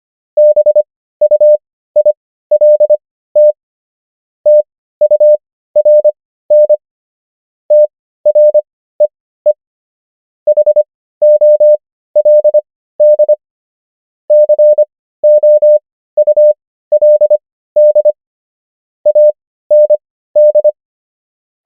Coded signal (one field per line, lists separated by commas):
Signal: Morse code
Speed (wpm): 25 wpm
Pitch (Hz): 600 Hz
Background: none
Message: BUILT TURN TREE HOLD COULD AND